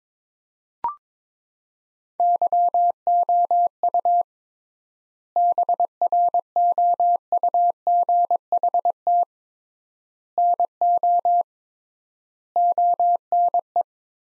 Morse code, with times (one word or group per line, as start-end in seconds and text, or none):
2.2-4.2 YOU
5.4-9.2 BROUGHT
10.4-11.4 NO
12.6-13.8 ONE